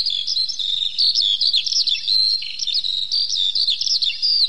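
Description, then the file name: Eurasian skylark song, a fast continuous high warble of twittering and trilled notes that runs without pause. "zhavoronok polevoy"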